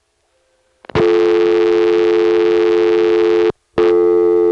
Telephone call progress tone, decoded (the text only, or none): dial tone